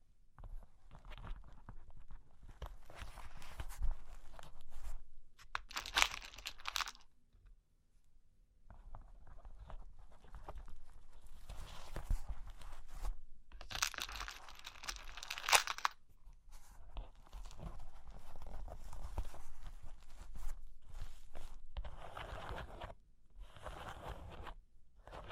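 Cork and wood being scratched and traced in uneven bursts, with gritty scraping strokes, brief pauses, and occasional soft taps throughout.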